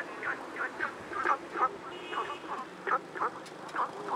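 Frog croaks, short notes given in a loose series, with a soft hiss underneath.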